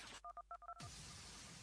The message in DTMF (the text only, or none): 11212